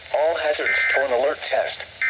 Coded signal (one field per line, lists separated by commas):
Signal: Emergency Alert System (SAME) tones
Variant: end-of-message bursts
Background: speech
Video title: Required Weekly Test EAS 55 - 56